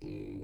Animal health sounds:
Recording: pig call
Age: weaner (32 to 43 days)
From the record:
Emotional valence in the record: negative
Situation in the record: novel object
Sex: female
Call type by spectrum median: low-frequency call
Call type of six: low-frequency stable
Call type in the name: low-frequency stable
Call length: 0.44 s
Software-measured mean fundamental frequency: 49 Hz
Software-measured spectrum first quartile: 155 Hz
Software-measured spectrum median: 288 Hz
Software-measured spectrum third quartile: 394 Hz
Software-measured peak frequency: 303 Hz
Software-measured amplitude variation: 124 dB a second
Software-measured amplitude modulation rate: 36.5 a second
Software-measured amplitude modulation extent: 3.4 dB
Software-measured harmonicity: 1.4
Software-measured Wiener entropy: 0.17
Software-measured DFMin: 1519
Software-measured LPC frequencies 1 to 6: 337, 2438, 4135, 4932, 5952, 7788 Hz

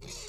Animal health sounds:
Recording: pig call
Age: weaner (32 to 43 days)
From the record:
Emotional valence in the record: negative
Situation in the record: short isolation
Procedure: open field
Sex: female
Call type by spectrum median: high-frequency call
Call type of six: high-frequency stable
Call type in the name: high-frequency stable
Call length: 0.29 s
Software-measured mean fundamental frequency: 197 Hz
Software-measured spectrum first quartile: 455 Hz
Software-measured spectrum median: 3216 Hz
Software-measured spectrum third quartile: 5797 Hz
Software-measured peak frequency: 129 Hz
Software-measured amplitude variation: 86 dB a second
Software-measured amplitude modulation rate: 36.4 a second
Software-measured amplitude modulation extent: 2.4 dB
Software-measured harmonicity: 1.8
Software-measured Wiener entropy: -1.75

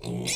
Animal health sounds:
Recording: pig call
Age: weaner (32 to 43 days)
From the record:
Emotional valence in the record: negative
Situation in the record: novel object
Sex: female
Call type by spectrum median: high-frequency call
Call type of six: mixed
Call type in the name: high-frequency modulated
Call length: 0.35 s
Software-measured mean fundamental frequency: 213 Hz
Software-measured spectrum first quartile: 451 Hz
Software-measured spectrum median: 2589 Hz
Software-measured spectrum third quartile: 6165 Hz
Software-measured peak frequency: 5443 Hz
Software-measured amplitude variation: 122 dB a second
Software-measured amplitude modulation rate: 28.2 a second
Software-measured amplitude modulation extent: 4.3 dB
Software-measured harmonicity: 1.8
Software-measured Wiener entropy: -4.06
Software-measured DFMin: 1051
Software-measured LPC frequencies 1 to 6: 519, 2248, 3467, 3989, 5465, 6181 Hz

